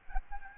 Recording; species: mosquito wingbeat signal from an infrared sensor; Aedes albopictus